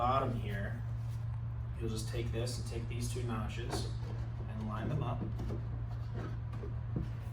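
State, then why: Not seated. Someone talks while a wooden support piece is held against the underside of a flat-pack wooden three-step display riser and its two notches are lined up before it is pressed in, with a steady low hum underneath and faint brief knocks around 1.3 s and 6.5 s. Nothing has seated or clicked yet.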